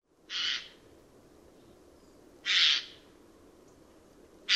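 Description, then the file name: Eurasian jay uttering three harsh, rasping screeches about two seconds apart, the last cut off at the end. "Garrulus glandarius"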